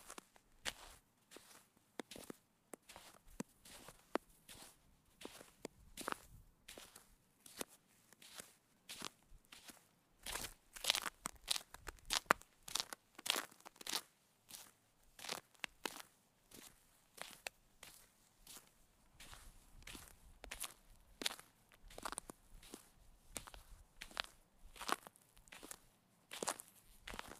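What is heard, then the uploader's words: Footsteps crunch through snow at a steady walking pace, each step a crisp, bright burst with a brittle crackle. The treads come regular, roughly two per second, with quiet gaps between them and no other sounds around. Walking on Snow | Crunching Snow Sounds. Looping walking sound.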